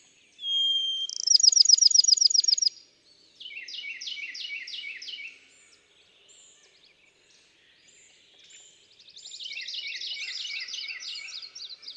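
Bachman's sparrow song: a low whistle, then a bright rapid trill, followed by slower buzzy trilled phrases and another soft buzzy series later.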